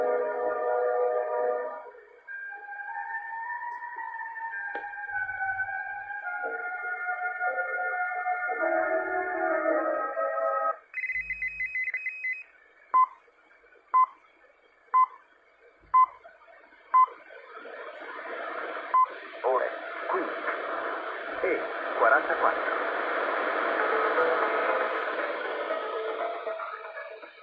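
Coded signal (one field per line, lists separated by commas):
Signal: radio time signal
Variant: ItalCable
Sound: stepping melody-like tones, a steady tone, five one-second pips, then hiss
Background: radio static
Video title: 10000 kHz ItalCable Time Signal Station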